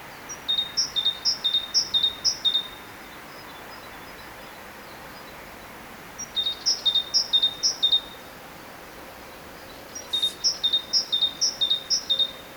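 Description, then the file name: Great tit song, three series of rapid two-note whistled phrases separated by pauses of a few seconds. "Parus major"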